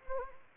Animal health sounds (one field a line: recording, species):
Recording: mosquito wingbeat signal from an infrared sensor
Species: Anopheles arabiensis